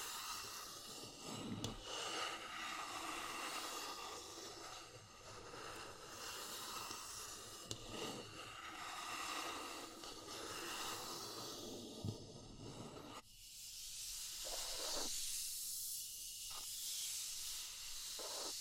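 Wood, bamboo and straw give off a dense, steady rustling hiss that fills the whole clip, with occasional soft thumps and crackles near 2, 8 and 12 seconds. At about 13 seconds the low part drops away, leaving a brighter, airier scratching with brief taps.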